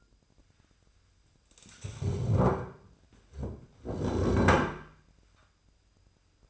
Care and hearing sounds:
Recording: daily activity, microphone in the room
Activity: stand up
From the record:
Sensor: 2

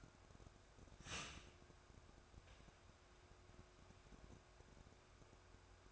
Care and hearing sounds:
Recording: daily activity, microphone in the room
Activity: start toaster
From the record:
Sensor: 2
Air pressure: 1004.1 hPa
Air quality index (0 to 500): 193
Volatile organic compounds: 11 ppm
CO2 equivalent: 2310 ppm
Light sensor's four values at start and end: 4/10/4/4 and 4/10/4/4

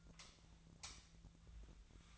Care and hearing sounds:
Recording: daily activity, microphone in the room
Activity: light off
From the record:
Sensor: 3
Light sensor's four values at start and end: 45/117/50/51 and 38/95/41/43

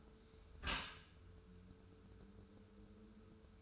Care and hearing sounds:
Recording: daily activity, microphone in the room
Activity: close dishwasher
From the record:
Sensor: 2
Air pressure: 1014.9 hPa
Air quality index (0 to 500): 25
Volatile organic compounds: 0 ppm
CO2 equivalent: 500 ppm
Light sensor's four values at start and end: 10/23/9/10 and 10/23/9/10

